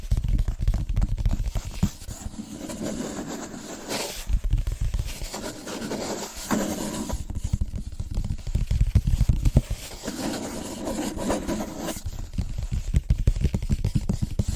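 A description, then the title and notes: Quick, dense tapping on assorted surfaces runs steadily throughout, mostly low and dull, with brighter scratchy bursts near four and twelve seconds. ASMR Fast & Rhythmic Tapping On Different Surfaces (No Talking).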